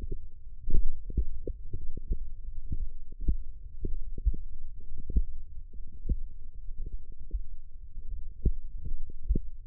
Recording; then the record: forearm muscle sounds (acoustic myography)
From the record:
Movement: tripod grip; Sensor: system 1, eight BSWA MPA416 microphones around the upper forearm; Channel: 6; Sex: male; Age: 23 years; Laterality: right